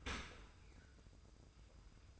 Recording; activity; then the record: daily activity, microphone in the room; open dishwasher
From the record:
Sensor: 2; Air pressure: 990.3 hPa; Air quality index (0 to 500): 210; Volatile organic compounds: 1000 ppm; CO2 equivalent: 6733 ppm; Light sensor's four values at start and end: 29/69/28/28 and 29/69/28/28